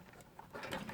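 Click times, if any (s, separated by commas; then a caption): none. A graphics card is handled and lined up with a motherboard PCIe slot, with soft scraping and rustling and a few small ticks around 0.4 s, 0.7 s and 0.9 s. The card has not gone home in the slot yet, and the slot latch has not clicked.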